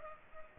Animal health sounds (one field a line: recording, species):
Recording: mosquito wingbeat signal from an infrared sensor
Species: Culex pipiens